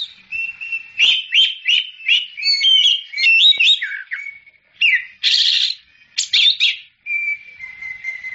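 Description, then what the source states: Oriental magpie-robin song of rapid, varied whistles and trills, broken by harsh rasping bursts, ending in a long, slightly falling whistled note. Champion songbird.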